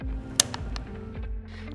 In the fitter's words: Align and connect the catheter hub to the MDU until it clicks into place.